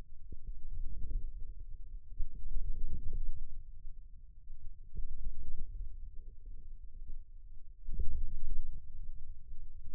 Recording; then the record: forearm muscle sounds (acoustic myography)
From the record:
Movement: ulnar deviation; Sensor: system 2, bracelet of six BSWA MPA416 microphones around the upper forearm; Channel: 1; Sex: male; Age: 22 years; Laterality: right